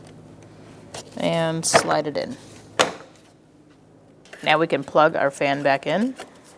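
On a 2012-2018 Ford Focus, the radiator cooling fan's plastic electrical wiring connector is handled before being plugged back into the fan motor plug while someone talks, with one sharp tap near 2.8 s. Nothing has seated or clicked yet.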